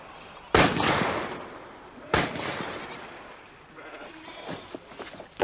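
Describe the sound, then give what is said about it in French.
Two loud gunshots, fired to shoot wild goats, crack about a second and a half apart, each followed by a long rumbling tail, while wild goats bleat faintly in the background amid a few smaller clicks and pops. “Et il a profité des 2 heures de répit que vous avez donné à l'équipage pour aller tirer quelques chèvres sauvages.”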